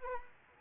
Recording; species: mosquito wingbeat signal from an infrared sensor; Anopheles arabiensis